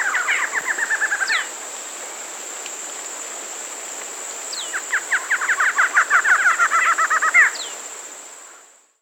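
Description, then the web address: Barred antshrike song, a fast series of nasal notes that ends abruptly, sung twice, over a constant high insect whine. Recorded in Peru. "Natures Songs S America Birds of the Amazon 2. Barred Antshrike (Thamnophilus doliatus), Peru"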